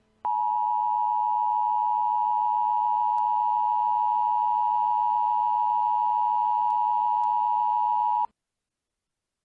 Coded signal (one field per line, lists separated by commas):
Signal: Emergency Alert System (SAME) tones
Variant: 853 and 960 Hz attention tone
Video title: EAS Scenario 23: Black hole (March 1st! special)